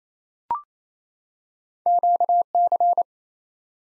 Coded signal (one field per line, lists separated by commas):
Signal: Morse code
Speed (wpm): 27 wpm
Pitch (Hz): 700 Hz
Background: none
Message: QC